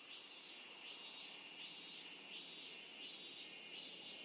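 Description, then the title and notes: Cicadas buzzing, a steady high-pitched electronic-sounding drone with a gentle regular pulsing throughout. Recorded close-up with a parabolic microphone in July at Annakaharuna, Gunma, Kanto region, Japan; males vibrate tymbals; the songs are said to sound electronic. "Cigales électro au Japon"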